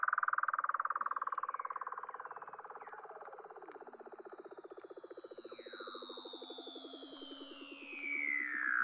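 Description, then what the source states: Weddell seal calls: a long high whistle sliding steadily downward across the whole stretch, over a rapid pulsed trill and a low steady tone. Recorded in Antarctica.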